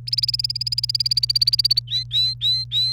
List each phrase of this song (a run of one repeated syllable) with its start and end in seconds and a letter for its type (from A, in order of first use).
0.07-1.80 A, 1.87-2.92 B